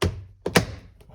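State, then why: Seated. With its front edge already in and the cables kept clear, the back of a plastic component is pressed into a Toyota Highlander car door to fix door popping. A solid thunk at 0.0 s and a sharp snap at 0.6 s, with a softer tap just before it and a faint tick near 1.0 s, are heard as it locks in. The part is seated.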